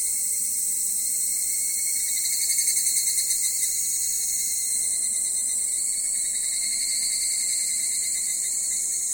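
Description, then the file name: Cicadas in chorus: a continuous, dense high buzzing with steady bands of sound and a brief pulsing swell near the start. Japanese cicadas, Takao, Japan, in summer. "INSECT TAKAO JAPANESE CICADAS SUMMER"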